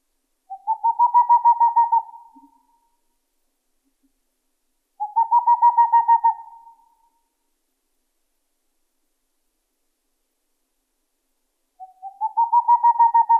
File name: Chouette de Tengmalm